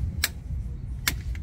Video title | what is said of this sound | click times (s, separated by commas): Gr Corolla Circuit Edition Transmission Fluid Change (Transfer case/Rear Differential) How To | and yeah get that satisfying click | 0.2 s